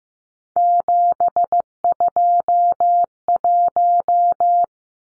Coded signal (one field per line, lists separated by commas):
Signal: Morse code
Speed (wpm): 15 wpm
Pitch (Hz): 700 Hz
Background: none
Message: 721